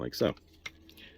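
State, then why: Seated. Someone talks briefly as a tabbed plastic flap on a NewAge Toys H53 Michael (G1 Omega Supreme) transforming robot figure is pushed into its slot in the body. A sharp click sounds at 0.7 s as the yellow piece locks into place, followed by a faint tick around 0.9 s.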